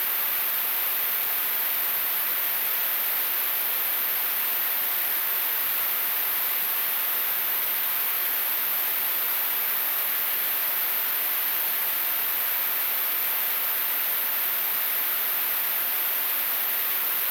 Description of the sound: Tinnitus.